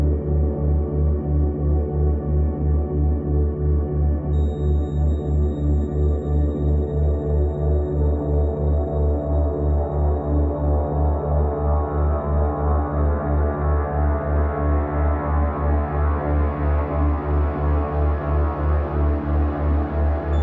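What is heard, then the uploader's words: A delta brainwave binaural tone: a deep, steady low hum that throbs in a regular pulse about three times a second throughout. Faint higher ringing tones sit above it, with a thin high whine entering around four seconds and holding steady to the end. Here's a 3 Hz delta brainwave binaural for deep dreaming and sleep. It's based on resonated 96 kHz appliance field recordings. Musically, there's a few simple chords. Mechanically, there's a Kenmore washer & dryer, a tea kettle and a convection oven, all slowed down to deep, spacey rumbles and whooshes.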